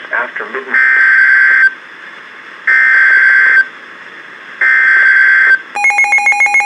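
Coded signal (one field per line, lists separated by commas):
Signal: Emergency Alert System (SAME) tones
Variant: header bursts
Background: speech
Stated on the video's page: Flash flood warning from weather radio station KHA99, received on a Midland WR-400 weather radio.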